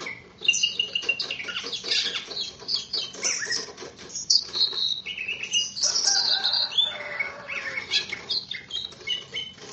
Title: KICAU BURUNG CUCAK IJO